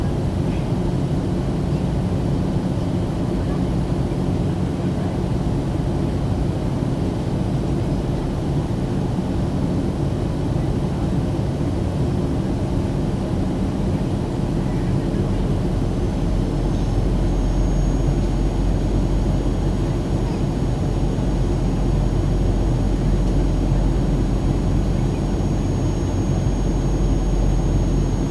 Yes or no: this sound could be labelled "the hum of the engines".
yes